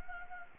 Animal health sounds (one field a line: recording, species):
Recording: mosquito wingbeat signal from an infrared sensor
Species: Anopheles gambiae